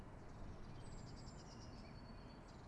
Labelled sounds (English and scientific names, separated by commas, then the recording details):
Eurasian Blue Tit (Cyanistes caeruleus)
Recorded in Germany
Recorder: ecoPi